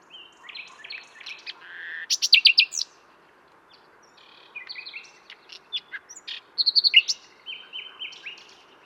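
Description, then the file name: Common nightingale song: varied phrases of whistles, rapid trills and loud repeated notes, separated by short pauses. "Luscinia megarhynchos"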